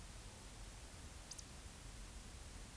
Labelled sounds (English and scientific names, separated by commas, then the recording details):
Eurasian Woodcock (Scolopax rusticola) whistle
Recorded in Baden-Württemberg, Germany, on 10 May 2021 at 19:44 UTC
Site 24606, 635 m above sea level